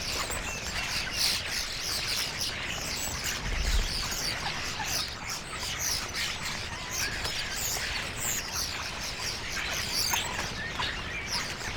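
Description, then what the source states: Common starlings in a flock keep up a loud, continuous babble of chirps, rattles and thin whistles, with no pause across the whole stretch. A flock of starlings; recording by Fred Jüssi.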